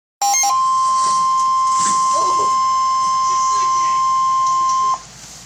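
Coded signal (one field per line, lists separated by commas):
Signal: Emergency Alert System (SAME) tones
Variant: 1050 Hz attention tone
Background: speech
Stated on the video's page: Severe thunderstorm warning issued by the National Weather Service in Lincoln, Illinois.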